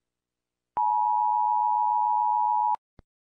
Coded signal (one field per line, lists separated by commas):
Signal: Emergency Alert System (SAME) tones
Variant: 853 and 960 Hz attention tone